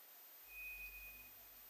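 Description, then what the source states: White's thrush song: one eerie, level whistle lasting under a second, with a low rumble and faint hiss in the background. Recorded 2 July 2007.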